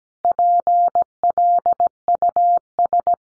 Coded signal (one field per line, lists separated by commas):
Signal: Morse code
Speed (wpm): 17 wpm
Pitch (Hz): 700 Hz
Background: none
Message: PLUS